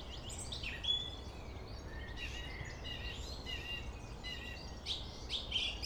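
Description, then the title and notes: Song thrush singing a string of varied whistled and twittering notes at mid to high pitch, with continuous low traffic noise beneath. Singing in Friedhof Columbiadamm (Neuer Garnisonsfriedhof) cemetery, Berlin; distant city traffic noise; recorded with Sony PCM D50. "Friedhof Columbiadamm, Berlin - Song thrush. Friedhof Columbiadamm (Neuer Garnisonsfriedhof), Song thrush (Singdrossel) singing, distant city. traffic noise (Sony PCM D50)"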